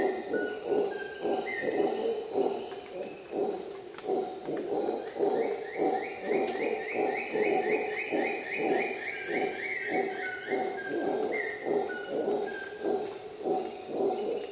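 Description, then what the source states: Howler monkey roaring in a steady pulsing rhythm, with a bird's run of rising whistled notes partway through and a persistent insect drone. Recorded at dawn in the jungle of Costa Rica during an expedition.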